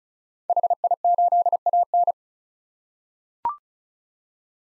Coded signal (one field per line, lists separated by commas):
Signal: Morse code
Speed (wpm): 36 wpm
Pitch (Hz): 700 Hz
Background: none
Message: HI8AN